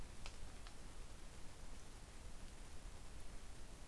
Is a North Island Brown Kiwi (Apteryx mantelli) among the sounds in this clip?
no